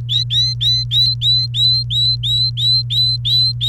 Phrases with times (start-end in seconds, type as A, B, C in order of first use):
0.09-3.68 A